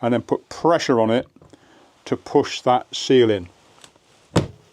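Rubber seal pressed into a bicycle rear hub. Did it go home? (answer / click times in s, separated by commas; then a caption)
yes / 4.4 s. Someone talks while a rubber hub seal on a Hope bicycle rear hub, with the wheel already built, is pressed home by hand pressure using a seal tool. After a faint tick at 3.8 s, a sharp click at 4.4 s marks the seal seating into place.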